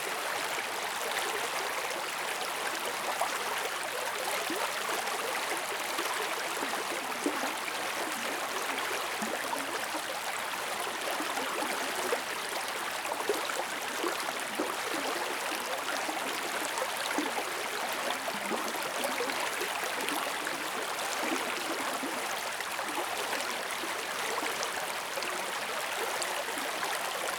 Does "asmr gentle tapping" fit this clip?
no